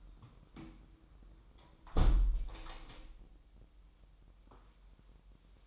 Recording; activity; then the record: daily activity, microphone in the room; close window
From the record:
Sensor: 1